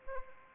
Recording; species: mosquito wingbeat signal from an infrared sensor; Anopheles arabiensis